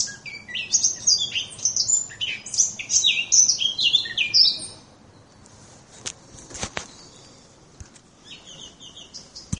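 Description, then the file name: Eurasian blackcap delivering a lively high warbling phrase of quick varied notes, followed by a few clicks and soft scattered chirps. "moenchsgrasmuecke"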